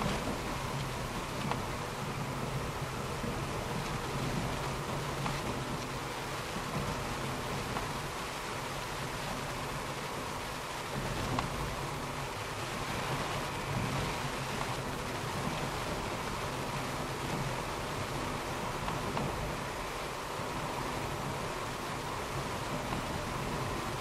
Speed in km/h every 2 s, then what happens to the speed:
46, 46, 45, 47, 48, 47, 48, 48, 49, 50, 50, 50.
0-24 steady at about 48.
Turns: none.